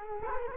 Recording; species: mosquito wingbeat signal from an infrared sensor; Culex quinquefasciatus